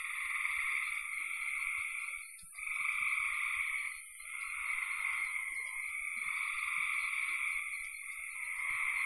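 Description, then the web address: Frog calls forming a continuous buzzy drone that briefly dips twice, with faint scattered clicks below. "cn frogs"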